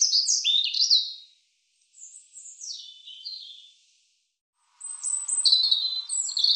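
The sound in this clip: European robin singing three separate high, sweet phrases mixing thin whistles and quick warbled twitters, the last phrase rich and jumbled, with short silent gaps between them.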